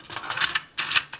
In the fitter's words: It locks into place.